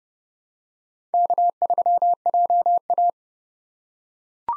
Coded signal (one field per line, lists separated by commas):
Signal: Morse code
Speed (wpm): 32 wpm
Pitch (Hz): 700 Hz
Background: none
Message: K3JA